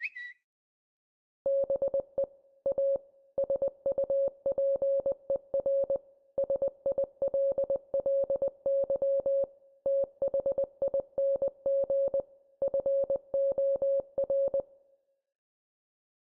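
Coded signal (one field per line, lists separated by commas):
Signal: Morse code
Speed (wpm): 20 wpm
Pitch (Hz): 550 Hz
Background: none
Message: BE A SUPER SILLY THING FOR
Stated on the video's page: Morse code used as film dialogue, with characters voiced at 800 Hz, 700 Hz and 600 Hz tones.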